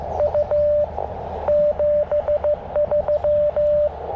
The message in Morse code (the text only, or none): U 73